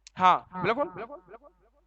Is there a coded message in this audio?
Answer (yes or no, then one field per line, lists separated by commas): no